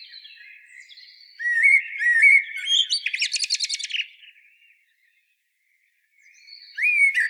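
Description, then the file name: Common blackbird singing a short warbled phrase of fluty whistles that breaks into a rapid, squeaky high twitter, then a pause before a new phrase begins. "Turdus merula"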